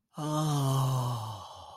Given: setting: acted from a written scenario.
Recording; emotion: vocal sound without words; ecstasy